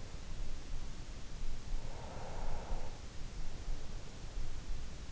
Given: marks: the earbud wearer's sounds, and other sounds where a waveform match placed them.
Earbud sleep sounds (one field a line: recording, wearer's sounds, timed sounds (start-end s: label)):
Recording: sounds in sleep by an in-ear microphone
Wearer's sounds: breath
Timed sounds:
1.67-3.22 s: breath